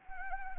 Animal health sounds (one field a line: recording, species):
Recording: mosquito wingbeat signal from an infrared sensor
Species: Anopheles arabiensis